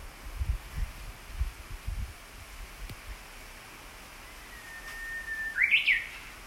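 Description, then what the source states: Japanese bush warbler singing once near the end, a drawn-out level whistle ending in a short bright twisting flourish, over faint low rumbling. Recorded 14 June 2019.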